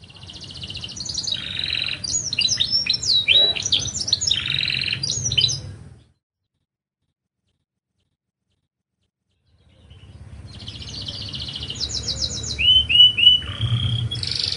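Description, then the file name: Lancashire canary song: rapid mixed trills, buzzy rolls and sweeping whistled notes for about six seconds, a silent pause, then buzzy trills and short whistled notes resume, over a low hum. "kenari lancashire"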